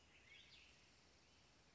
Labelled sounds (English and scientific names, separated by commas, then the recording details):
Cassin's Vireo (Vireo cassinii)
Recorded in Sonoma County, California